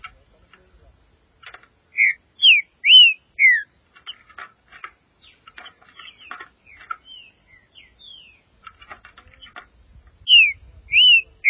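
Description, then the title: Green-winged saltator with loud slurred whistles, four notes rising and falling, then quieter short notes before the phrase returns, a faint low rumble at the end. "Trinca Ferro"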